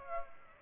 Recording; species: mosquito wingbeat signal from an infrared sensor; Aedes aegypti